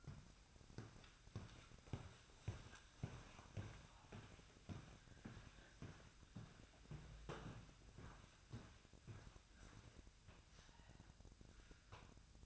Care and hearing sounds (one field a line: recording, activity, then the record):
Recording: daily activity, microphone in the room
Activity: walk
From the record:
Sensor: 2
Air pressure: 1001.5 hPa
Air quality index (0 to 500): 228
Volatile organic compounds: 26 ppm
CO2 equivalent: 2855 ppm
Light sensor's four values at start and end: 8/27/10/10 and 8/27/10/10